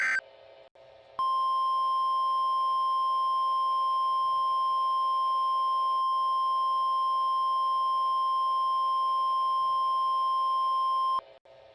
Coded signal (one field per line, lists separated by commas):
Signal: Emergency Alert System (SAME) tones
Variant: 1050 Hz attention tone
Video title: Fictional EAS | PDS Severe Thunderstorm Warning